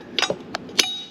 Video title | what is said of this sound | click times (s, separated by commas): Boxster 986 IMS Bearing Replacement 5: Reassembly including torque settings | So that has snapped in place. | 0.2 s, 0.5 s, 0.8 s